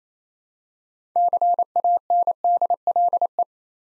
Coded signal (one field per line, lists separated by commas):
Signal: Morse code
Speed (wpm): 27 wpm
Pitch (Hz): 700 Hz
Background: none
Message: CANDLE